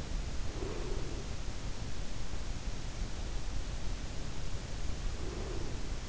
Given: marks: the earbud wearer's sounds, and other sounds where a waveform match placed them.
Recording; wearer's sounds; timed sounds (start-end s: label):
sounds in sleep by an in-ear microphone; breath
0.48-1.39 s: breath
5.11-6.08 s: breath